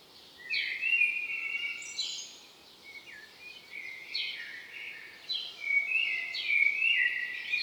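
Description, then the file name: Common blackbird repeating warbled, whistled phrases every couple of seconds, with scratchy higher twitters trailing several of them. "Turdus merula"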